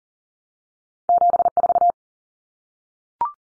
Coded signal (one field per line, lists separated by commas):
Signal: Morse code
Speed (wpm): 40 wpm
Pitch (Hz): 700 Hz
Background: none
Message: 74